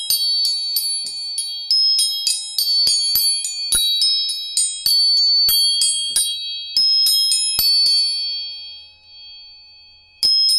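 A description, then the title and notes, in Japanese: Tuning forks are struck again and again, a sharp metallic tap every half second or so, each leaving a bright, high, overlapping ring and a steady lower hum underneath. Around eight seconds the tapping stops and the tones fade, before one final strike near the end. 音叉チューニング全体性。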